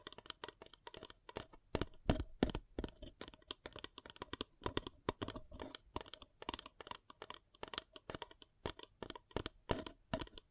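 Crisp crackling and tapping on a paper cup, made of dense clusters of short, bright clicks that reach high up. The handling comes in irregular bursts roughly every half second, with brief quiet gaps between them, and a few sharper snaps near two seconds.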